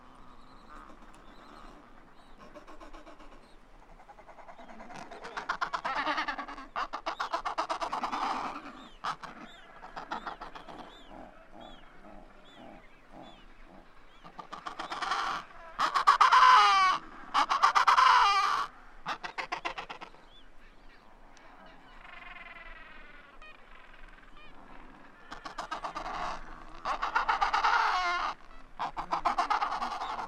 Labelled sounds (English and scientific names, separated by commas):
Adelie Penguin (Pygoscelis adeliae) call